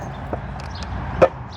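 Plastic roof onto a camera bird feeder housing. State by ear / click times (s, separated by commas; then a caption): not seated / none. A plastic roof is handled over a smart camera bird feeder housing, with a few light knocks, including a short tap at about 0.3 s and a louder bump near 1.2 s. The roof has not snapped into place yet, so nothing has seated.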